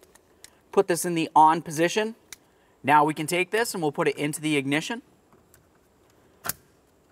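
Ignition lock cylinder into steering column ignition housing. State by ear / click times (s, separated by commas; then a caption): seated / 6.5 s. Someone talks while a new ignition lock cylinder, with its key turned to the on position, is pushed into the ignition housing on the steering column of a 1994-2002 Dodge Ram 2500. A sharp click sounds at 6.5 seconds as the cylinder seats and its retaining tab snaps out to protrude from the housing.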